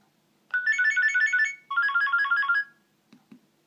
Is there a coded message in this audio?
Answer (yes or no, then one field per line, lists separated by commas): no